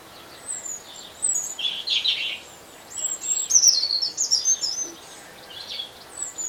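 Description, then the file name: European robin song, bright trilling phrases and piping notes in two main bursts, high-pitched and varied. "Erithacus rubecula"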